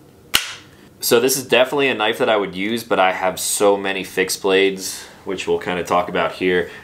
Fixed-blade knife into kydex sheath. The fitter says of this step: the retention on here is so solid that thing just snaps right into place and it is adjustable as well with a little screw on there